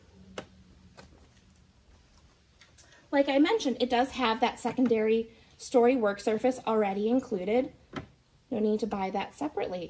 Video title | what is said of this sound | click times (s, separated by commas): Unboxing The Grinder | that will pop just right here | 0.4 s